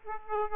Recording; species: mosquito wingbeat signal from an infrared sensor; Aedes aegypti